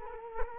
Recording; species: mosquito wingbeat signal from an infrared sensor; Culex quinquefasciatus